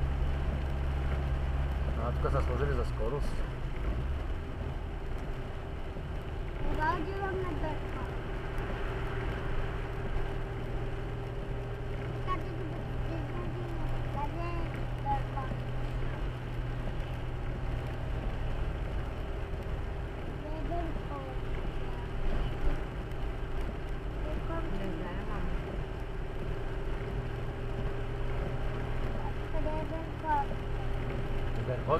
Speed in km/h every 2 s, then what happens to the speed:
51, 49, 46, 45, 46, 47, 48, 50, 48, 47, 46, 46, 45, 47, 48, 48.
0-5 slows to 45. 5-32 steady at about 47.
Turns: none.